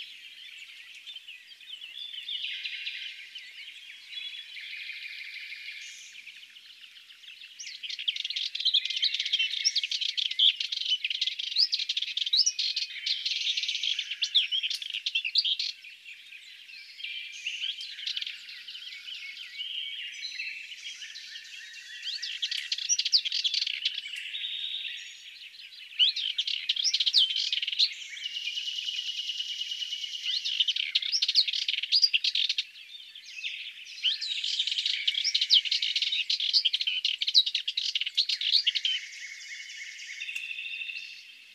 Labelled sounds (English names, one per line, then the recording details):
Sardinian Warbler song
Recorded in the wild
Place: St. Laurent des Arbres und Umgebung, FR
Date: 2008-05-13
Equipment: MiniDisc Sharp MT 20 H
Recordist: Schwarz, Dieter